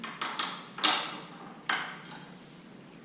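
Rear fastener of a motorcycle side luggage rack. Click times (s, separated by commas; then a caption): 1.7 s. The rear fastener of a side luggage rack on a Kawasaki motorcycle is tightened all the way in with a small triangle tool. A few light taps and turning sounds build up before it pops home with a sharp click at 1.7 s. The fastener is seated.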